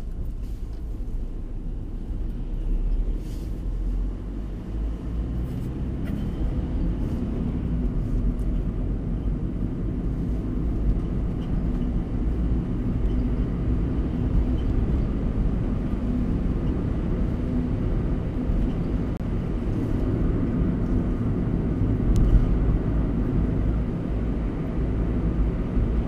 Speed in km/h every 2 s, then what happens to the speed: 13, 18, 29, 34, 34, 44, 47, 50, 53, 53, 53, 55, 56.
0-5 speeds up to 34. 8-14 speeds up to 50. 14-26 steady at about 53.